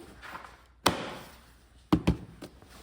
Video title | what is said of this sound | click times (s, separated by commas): Ski-Doo Summit Chain Case Service | Clicked in place. | 0.9 s